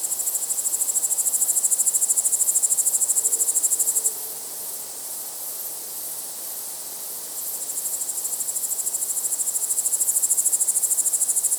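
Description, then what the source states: Crickets giving a rapid, high-pitched pulsed trill that stops after four seconds, leaving a softer steady hiss, then resumes from about seven seconds to the end. Crickets at night.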